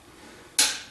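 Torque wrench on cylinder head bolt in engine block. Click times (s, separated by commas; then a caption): 0.6 s. A torque wrench tightens a cylinder head bolt into the engine block of a 1976 Corvette restomod. After near-silence, a single sharp, bright click sounds at 0.6 s and fades over about a third of a second. The wrench has reached its 55 setting.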